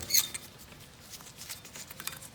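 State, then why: Not seated. A metal brake pad abutment clip, an anti-rattle guide that keeps the pads straight and stops them rattling, is pressed by hand into a caliper bracket. Light metallic handling and scraping are heard, with brief sharp ticks near 0.4 s and 2.1 s. The clip has not seated or snapped home yet.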